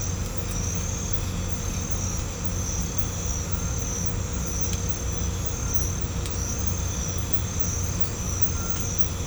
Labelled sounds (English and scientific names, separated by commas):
none